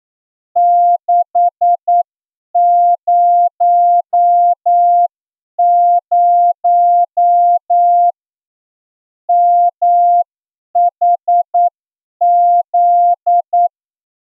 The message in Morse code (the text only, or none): 600 MHZ